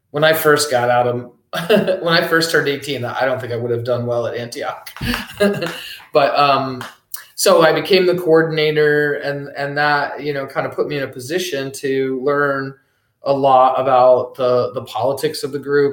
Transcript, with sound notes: when I first got out of--when I first turned 18, I don't think I would have done well at Antioch, [laughs] but um, so I became the coordinator and and that, you know, kind of put me in a position to learn a lot about the politics of the group.